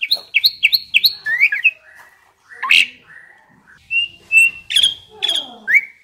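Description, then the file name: Asian pied starling song: a quick series of repeated rising whistles, then scattered clear whistled notes and a harsh rasping burst, with short pauses between phrases. Indonesian name jalak suren; described as a champion bird. "suara burung jalak suren juara"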